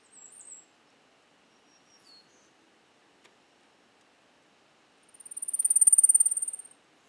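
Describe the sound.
Blackpoll warbler song, a very high thin rapid series of ticking notes that swells in loudness then fades, after a few scattered faint high notes.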